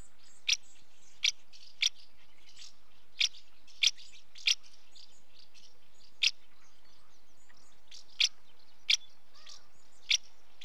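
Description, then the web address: House martin calls: crisp chirps spaced irregularly, with quieter twittering between them. Female calling at the nest. "BBC Sound Effects Library. House Martin"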